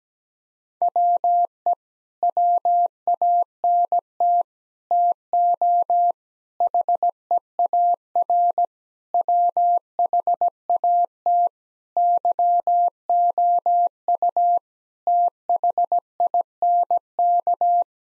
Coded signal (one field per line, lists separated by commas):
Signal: Morse code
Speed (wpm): 17 wpm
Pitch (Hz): 700 Hz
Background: none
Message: WE WANT TO HEAR WHAT YOU THINK